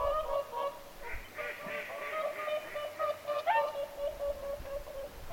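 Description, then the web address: Whooper swans giving nasal trumpeting calls, several birds overlapping. Whooper swans calling at Lintulahti on 6 November 2025. "paivat 6 11 2025 laulujoutsenten aantelya lintulahdella"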